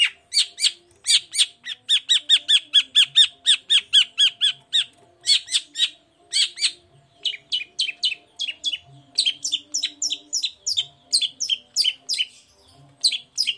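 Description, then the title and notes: Long-tailed shrike song: a long, fast run of harsh, buzzy squawking notes repeated several times a second, briefly pausing, then continuing more varied. Cendet singing in the morning in a varied 'toet toet' style, used as a lure to provoke other shrikes into answering and singing along. "Langsung NYAUTTTTT ! Cendet Gacor Dor Di Kala Pagi Toet Toet Variasi Suara. Pancingan Emosi Cendet Gacor Full Variasi Toet Toet Bikin Nyaut Cendet Lain Langsung Ikutan Bunyi. Burung cendet"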